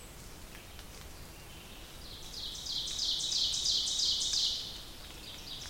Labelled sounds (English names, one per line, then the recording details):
Ovenbird song
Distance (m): 50 m
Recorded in boreal forest in Alberta, Canada, on 2 June 2016 at 08:52
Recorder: SongMeter 3, array SBT-3-7
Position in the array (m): -15 m, 73 m
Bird 7